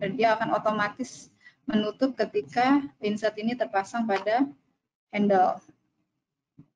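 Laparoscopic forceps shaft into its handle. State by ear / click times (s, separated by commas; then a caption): not seated / none. Someone talks while the assembled outer tube and insert of a reusable laparoscopic forceps are handled for connection to the metal handle, which is held upside down so the handle moves freely, unlocked, and the jaws close automatically as it connects. The clip ends before the part goes home, so nothing has seated or clicked yet.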